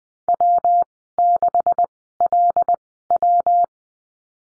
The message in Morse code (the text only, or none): W6LW